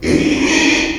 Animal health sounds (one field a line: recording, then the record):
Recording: squeal of a Yucatan mini pig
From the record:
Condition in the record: after surgery on the right vocal fold (resection and tissue-engineered implant)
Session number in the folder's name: 2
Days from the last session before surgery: 13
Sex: male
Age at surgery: 12 weeks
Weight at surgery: 13 kg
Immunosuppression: cyclosporine, prednisolone